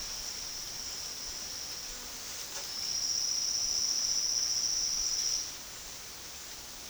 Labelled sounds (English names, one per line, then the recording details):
Silvered Antbird
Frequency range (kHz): Silvered Antbird 4.6-6.3 kHz
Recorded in secondary vegetation near Puerto Asís, Putumayo, Colombia, on 21 February 2024 at 10:00
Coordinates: 0.472, -76.331
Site G6371